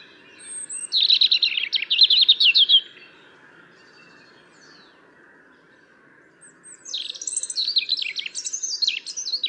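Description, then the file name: European robin singing two bursts of high, thin, rapid warbling and trilling phrases separated by a few seconds of quiet, over a faint steady background hum. "Erithacus rubecula"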